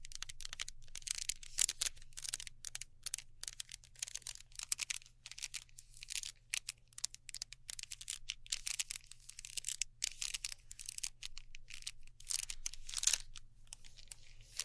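Sticky tape and handling sounds of slime and glow sticks: a rapid, irregular stream of bright, crackly snaps and rips, densest in bursts throughout. Beneath them runs a steady low hum the whole way through.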